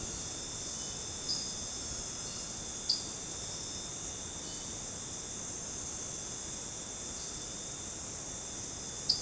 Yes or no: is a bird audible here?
no